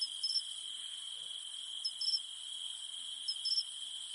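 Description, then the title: High, even cicada hum running throughout, broken by three quick chirping bursts. Cicadas humming at night in the mountains. "In the mountains at night, only the humming of cicadas remains"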